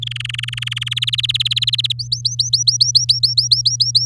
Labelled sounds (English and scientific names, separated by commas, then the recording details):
Domestic Canary (Serinus canaria) song
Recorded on 8 May 2018 at 11:02
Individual llb16